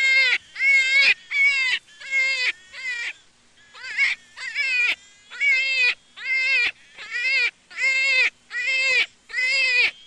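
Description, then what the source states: Jackrabbit crying: bursts of harmonic, bleating squeals in quick succession, with one brief quieter gap near the middle. Juvenile.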